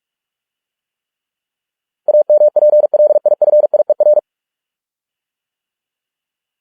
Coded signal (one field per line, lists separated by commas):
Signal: Morse code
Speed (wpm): 46 wpm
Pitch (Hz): 600 Hz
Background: none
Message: AMPLIFIER